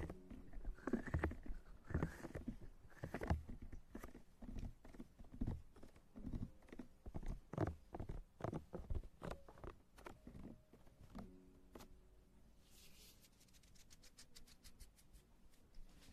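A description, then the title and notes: Wet mouth sounds of ear eating come in dense, squelching bursts, heaviest in the first few seconds and then thinning into scattered smacks and clicks. Near the end a quick, bright, regular ticking of hand movements takes over, with a soft hiss underneath. Ear Eating & Hand Movements.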